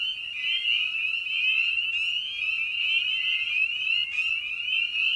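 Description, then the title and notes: Spring peepers calling in a dense chorus, high piping notes overlapping into a steady shrill band with no pauses. Evening at a frog pond. "Episode 5: Night of the Peepers. Spring Peeper (Pseudacris crucifer)"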